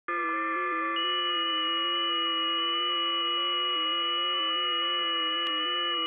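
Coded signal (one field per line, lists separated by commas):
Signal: FT8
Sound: many overlapping steady warbling tones, like a slow chorus of shifting pure notes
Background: radio static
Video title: FT8 on 40m Airspy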